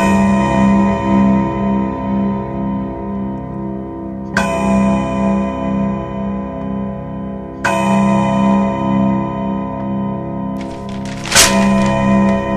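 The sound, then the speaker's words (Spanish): An English mantel clock strikes four slow, resonant chimes, each bright tone ringing out and lingering into the next, with no voices over them; the last strike lands a little sharper. “El reloj de chimenea inglés hace oír cuatro campanadas inglesas.”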